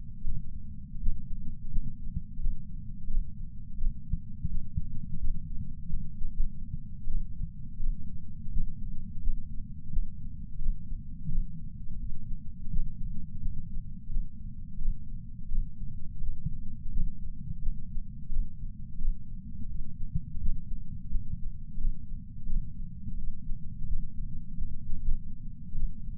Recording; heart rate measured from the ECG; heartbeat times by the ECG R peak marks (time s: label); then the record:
heart sounds by patch sensor on the chest; 87 bpm
0.25 s: heartbeat
1.01 s: heartbeat
1.71 s: heartbeat
2.41 s: heartbeat
3.09 s: heartbeat
3.78 s: heartbeat
4.50 s: heartbeat
5.19 s: heartbeat
5.89 s: heartbeat
6.34 s: heartbeat
7.08 s: heartbeat
7.80 s: heartbeat
8.52 s: heartbeat
9.23 s: heartbeat
9.93 s: heartbeat
10.60 s: heartbeat
11.30 s: heartbeat
11.99 s: heartbeat
12.71 s: heartbeat
13.41 s: heartbeat
14.11 s: heartbeat
14.80 s: heartbeat
15.49 s: heartbeat
16.22 s: heartbeat
16.92 s: heartbeat
17.62 s: heartbeat
18.31 s: heartbeat
18.99 s: heartbeat
19.69 s: heartbeat
20.41 s: heartbeat
21.10 s: heartbeat
21.79 s: heartbeat
22.48 s: heartbeat
23.17 s: heartbeat
23.88 s: heartbeat
24.58 s: heartbeat
25.02 s: heartbeat
25.76 s: heartbeat
From the record:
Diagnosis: coronary artery disease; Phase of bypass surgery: postoperative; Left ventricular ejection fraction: 65.4%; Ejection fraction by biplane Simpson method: 64.8%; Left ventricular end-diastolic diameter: 41 mm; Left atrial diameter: 37 mm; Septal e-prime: 8.8 cm/s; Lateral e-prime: 8.1 cm/s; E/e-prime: 9.9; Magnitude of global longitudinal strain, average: 18.9%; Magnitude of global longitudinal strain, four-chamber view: 23.8%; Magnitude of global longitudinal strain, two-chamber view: 17.7%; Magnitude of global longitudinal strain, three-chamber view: 15.3%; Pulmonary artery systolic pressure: 36 mmHg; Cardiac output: 4.4 L/min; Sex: male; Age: 76 years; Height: 165 cm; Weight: 79 kg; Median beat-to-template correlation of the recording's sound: 0.64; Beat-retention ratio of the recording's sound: 0.99